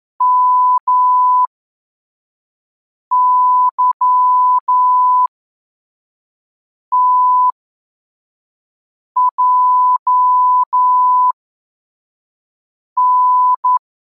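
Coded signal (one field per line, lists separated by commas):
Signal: Morse code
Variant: Russian alphabet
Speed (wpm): 11 wpm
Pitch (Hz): 1000 Hz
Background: none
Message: МЫТЙН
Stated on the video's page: Morse code lesson 12 with reception-practice texts at 3 groups per minute.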